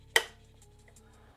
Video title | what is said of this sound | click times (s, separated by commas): Building a Gaming PC in 2025 Is Easier Than You Think! | This will snap in place. | 0.2 s